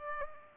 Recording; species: mosquito wingbeat signal from an infrared sensor; Culex pipiens